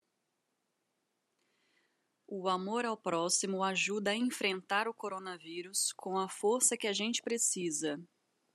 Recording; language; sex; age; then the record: spoken sentence; Brazilian Portuguese; female; 30 to 39 years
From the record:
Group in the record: control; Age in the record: 31 years